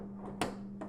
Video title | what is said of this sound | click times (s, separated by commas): Unboxing JIMIHOME Stackable Tool Kit X Tray Set-ABCD#tools #pcbuild #cordlessdrill | And just like that, it all snaps back into place. | 0.4 s